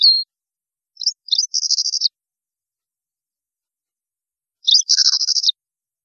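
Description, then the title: European goldfinch, a brief note at the start, then two short bursts of buzzy, rattling twitter separated by a long silent pause. "Chant Chardonneret"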